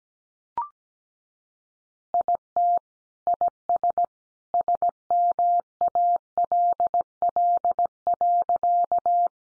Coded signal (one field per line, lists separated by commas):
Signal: Morse code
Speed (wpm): 17 wpm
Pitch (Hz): 700 Hz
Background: none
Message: IT IS SMALL.